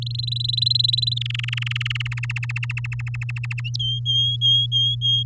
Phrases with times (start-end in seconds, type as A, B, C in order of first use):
0.02-1.14 A, 1.16-2.19 B, 2.23-3.61 C, 3.79-5.23 D